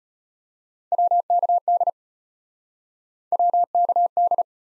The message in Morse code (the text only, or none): WKD WKD